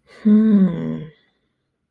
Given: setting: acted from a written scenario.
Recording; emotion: vocal sound without words; interest